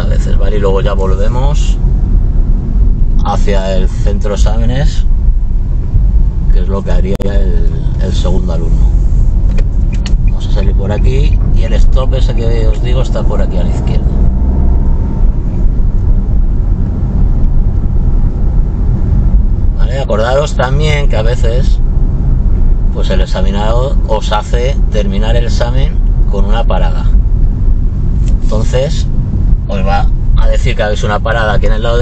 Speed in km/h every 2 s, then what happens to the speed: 29, 20, 16, 16, 21, 28, 33, 32, 33, 32, 32, 31, 28, 23, 19, 17.
0-4 slows to 16. 6-12 speeds up to 33. 12-21 steady at about 32. 21-28 slows to 19.